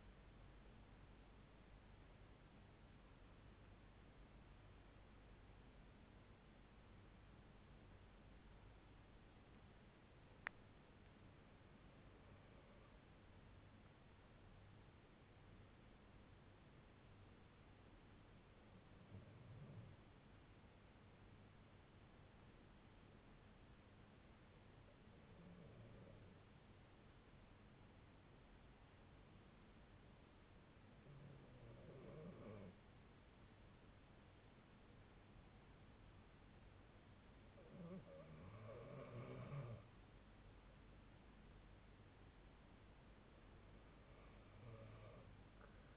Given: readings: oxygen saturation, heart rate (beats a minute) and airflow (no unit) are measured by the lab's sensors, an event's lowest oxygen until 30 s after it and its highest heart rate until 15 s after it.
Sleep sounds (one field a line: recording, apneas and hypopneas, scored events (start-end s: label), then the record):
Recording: breathing in sleep by a voice recorder at the bedside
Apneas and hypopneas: 1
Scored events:
16.00-45.97 s: new sleep stage, N2 (light sleep)
20.00-37.80 s: hypopnea (N2, oxygen 95% highest, then 90% lowest)
From the record:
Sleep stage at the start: N1 (lightest sleep)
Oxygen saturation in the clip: 91 to 95%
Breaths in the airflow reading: 8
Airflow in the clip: -6.9 to 6.3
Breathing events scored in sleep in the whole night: 368 in 8.0 hours asleep